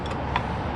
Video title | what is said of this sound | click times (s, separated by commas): Water Distiller Putrid Pinellas County Water (mirror) | It snaps right in. | 0.4 s